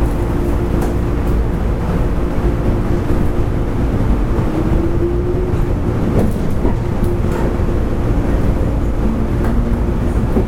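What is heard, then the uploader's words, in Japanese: A JR West 103 series train runs at a steady pace, a dense low rumble with a constant motor hum and scattered faint clacks. JR西日本 103系電車の走行音です。阪和線の普通列車で録音しました。区間は、鶴ヶ丘から堺市までです。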